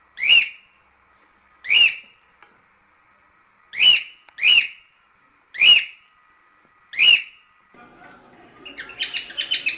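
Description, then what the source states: Cockatiel giving crisp rising whistles at irregular intervals, then a burst of scratchy chatter at the end. Several cockatiels, whistling.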